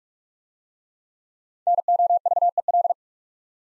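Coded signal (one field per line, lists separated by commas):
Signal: Morse code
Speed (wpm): 44 wpm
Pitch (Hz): 700 Hz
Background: none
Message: NOVEL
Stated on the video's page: Head-copy practice of 5-letter words at 45 wpm, first letters spoken, word sent in Morse, spoken, then sent again.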